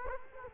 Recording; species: mosquito wingbeat signal from an infrared sensor; Culex quinquefasciatus